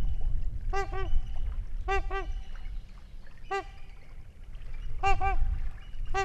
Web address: Wisconsin 2019 Trumpeter Swan Trumpets near Lake